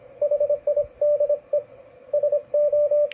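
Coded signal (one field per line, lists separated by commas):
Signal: Morse code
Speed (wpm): 25 wpm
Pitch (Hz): 590 Hz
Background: radio noise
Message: HIDE SO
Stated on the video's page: Average CW signal on 40 metres at a bad time, with poor conditions.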